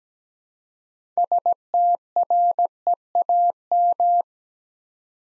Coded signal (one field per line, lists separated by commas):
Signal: Morse code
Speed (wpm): 17 wpm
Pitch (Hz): 700 Hz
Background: none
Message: STREAM